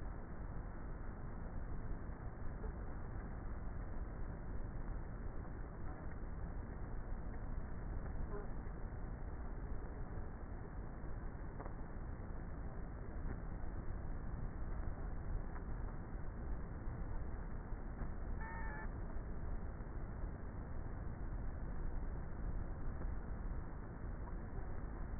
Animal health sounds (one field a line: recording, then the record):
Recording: honeybee colony, microphone inside the hive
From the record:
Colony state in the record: queenless with a low population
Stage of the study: before two queens were removed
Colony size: about 30,000 bees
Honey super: no